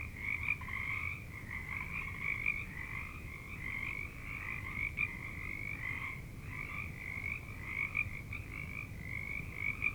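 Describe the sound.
Frogs in chorus, continuous trilled croaking over a low rumbling background noise.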